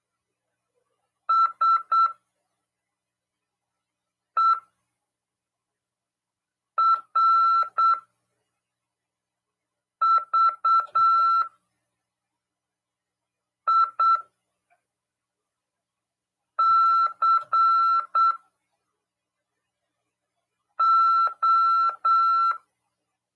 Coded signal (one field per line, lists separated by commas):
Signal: Morse code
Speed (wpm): 8 wpm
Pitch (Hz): 1340 Hz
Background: none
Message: SERVICO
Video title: RADIOAMADOR 19/11/2022 "AULA 33: CW, LEGISLAÇÃO e C.RODADA" FM 146.410 Mhz. PY2EXU PAULO SP/SP RAF.